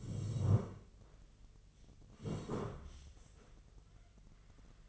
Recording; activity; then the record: daily activity, microphone in the room; sit down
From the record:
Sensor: 4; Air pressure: 1013.0 hPa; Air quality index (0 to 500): 166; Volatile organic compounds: 2 ppm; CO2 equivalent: 1056 ppm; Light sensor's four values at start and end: 51/127/54/57 and 52/127/54/58